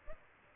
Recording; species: mosquito wingbeat signal from an infrared sensor; Aedes aegypti